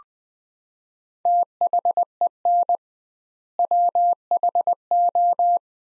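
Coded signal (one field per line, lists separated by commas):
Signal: Morse code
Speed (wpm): 21 wpm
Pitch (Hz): 700 Hz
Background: none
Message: THEN WHO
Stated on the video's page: Morse practice at 20 wpm: sentences built from the top 100 words, sent with twice the standard word spacing.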